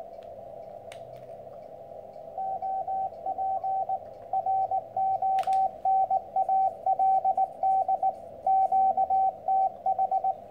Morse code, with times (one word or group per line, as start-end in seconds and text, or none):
2.4-4.0 OP
4.3-8.1 RONALD
8.5-10.3 QTH